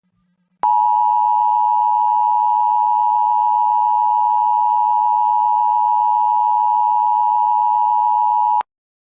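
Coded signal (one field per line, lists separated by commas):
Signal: Emergency Alert System (SAME) tones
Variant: 853 and 960 Hz attention tone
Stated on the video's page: Required Monthly Test relayed by a TV station with police station override, a recreation edited in editing software.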